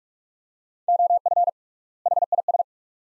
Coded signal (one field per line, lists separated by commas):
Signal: Morse code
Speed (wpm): 42 wpm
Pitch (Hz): 700 Hz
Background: none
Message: OF HIS